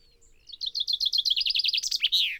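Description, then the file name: Common chaffinch song: a rattling run of repeated chirps that descends slightly, ending in a downward-sweeping flourish. "Fringilla coelebs"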